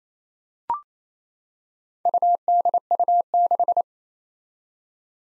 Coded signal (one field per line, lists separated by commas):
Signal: Morse code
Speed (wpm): 28 wpm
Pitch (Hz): 700 Hz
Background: none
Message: UDU6